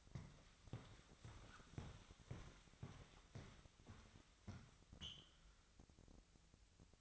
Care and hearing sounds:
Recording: daily activity, microphone in the room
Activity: walk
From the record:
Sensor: 3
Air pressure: 1001.7 hPa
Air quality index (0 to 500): 230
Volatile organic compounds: 35 ppm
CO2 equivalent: 3069 ppm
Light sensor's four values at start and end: 13/39/17/15 and 13/40/17/15

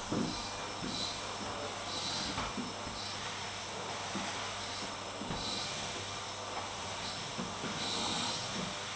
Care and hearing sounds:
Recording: daily activity, microphone in the room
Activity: vacuum cleaning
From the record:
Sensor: 3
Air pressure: 988.7 hPa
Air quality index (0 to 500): 201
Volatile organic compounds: 372 ppm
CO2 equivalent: 4624 ppm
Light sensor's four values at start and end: 22/70/29/25 and 22/71/29/25

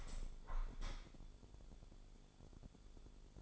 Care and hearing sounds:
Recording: daily activity, microphone in the room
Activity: open window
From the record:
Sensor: 5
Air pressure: 1015.2 hPa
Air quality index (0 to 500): 107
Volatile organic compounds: 2 ppm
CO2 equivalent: 1149 ppm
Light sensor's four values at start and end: 35/81/33/31 and 35/81/33/31

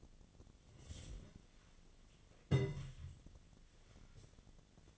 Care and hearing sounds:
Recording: daily activity, microphone in the room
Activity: take from stove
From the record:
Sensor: 4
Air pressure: 1010.8 hPa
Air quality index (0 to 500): 168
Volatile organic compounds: 5 ppm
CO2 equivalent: 1714 ppm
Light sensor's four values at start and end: 40/114/46/47 and 38/110/44/45

